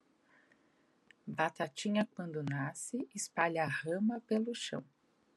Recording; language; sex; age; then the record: short text; Brazilian Portuguese; female; 40 to 49 years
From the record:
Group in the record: control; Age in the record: 41 years